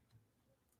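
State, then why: Not seated. A metal top cap is being handled and pushed down toward the base of a rebuildable dripping atomizer, which has a fairly tight cap. Only faint, low handling noise is heard, with a soft bump near 0.15 s. Nothing has seated or clicked yet.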